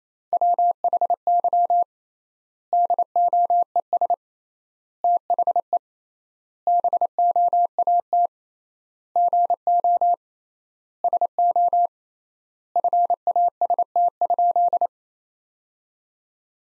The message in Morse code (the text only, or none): WHY DOES THE BOAT GO SO FAST?